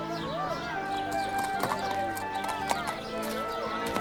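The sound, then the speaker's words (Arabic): An Arabian horse named Layl, just bought at a market to be a judge's horse, clops its hooves in an uneven rhythm while giving a few rising, wavering whinnies, with a steady murmur of voices underneath. “هنيئاً لك يا ليل، فأنت الآن حصان القاضي.”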